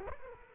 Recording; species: mosquito wingbeat signal from an infrared sensor; Culex quinquefasciatus